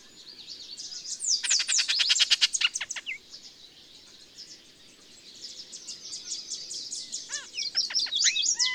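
Birds in full song: a fast, loud rattling trill of high notes, a quieter pause of thin twitters, then slurred downward whistles building again.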